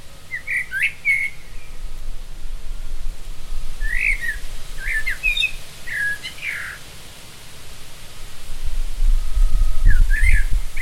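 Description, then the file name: Common blackbird calls: short, bright chirping notes repeated in small bursts every second or two, with low rumbling noise rising near the end. "Turdus merula"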